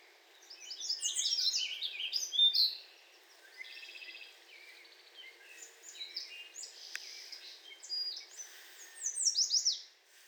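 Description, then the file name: Warbling vireo giving repeated, hurried warbling phrases of jumbled up-and-down notes, separated by short gaps. "Warbling Vireo singing"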